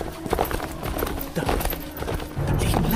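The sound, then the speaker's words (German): A black horse's hooves pound in a quick, continuous run of dull thuds, a steady galloping rhythm that stays loud throughout, with a faint tonal murmur mixed in beneath the hoofbeats. “Jeder Huftritt meines Pferdes wirkte wie ein Faustschlag auf meinen Kopf.”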